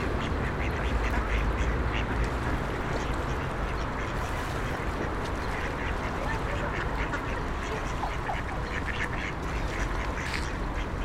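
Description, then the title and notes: Duck quacks come in rapid, uneven runs over constant road traffic rumble. Ducks being fed by passers-by on the Old Town Promenade, Stare Miasto, Wrocław, at 16:00; passing cars and buses; Sony PCM-D50 recorder, Rode NT4 microphone, FEL BMA preamplifier. "Kaczki i gołębie na Promenadzie Staromiejskiej cz.1 Lokalizacja: Stare Miasto Czas: , 16.00. Kaczki i gołębie karmione przez przechodniów. Odgłosy przejeżdżających samochodów i autobusów."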